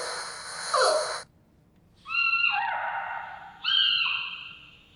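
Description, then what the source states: Giant panda cub vocalizing: a breathy noisy squeal, then two drawn-out high whining cries with stepped, wavering pitch. Young giant panda cub; these animals can bleat, honk, chirp, roar and squeal.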